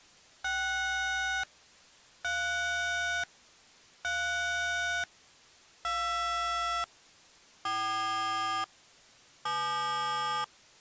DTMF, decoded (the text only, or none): 6 3 3 2 4 7